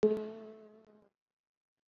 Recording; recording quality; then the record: sustained vowel as in boot; excellent, no background noise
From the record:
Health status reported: COVID-19 positive, moderate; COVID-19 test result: positive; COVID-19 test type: RT-PCR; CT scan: taken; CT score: 11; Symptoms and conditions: cough, fever, fatigue, muscle pain, loss of smell and taste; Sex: female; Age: 57 years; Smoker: no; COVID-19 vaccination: one dose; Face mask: worn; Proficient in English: no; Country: India